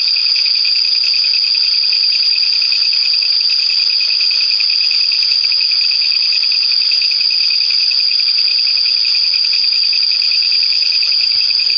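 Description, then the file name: Japanese katydid song: an unbroken, loud, buzzing whir, high and steady throughout with no pauses. "クツワムシ"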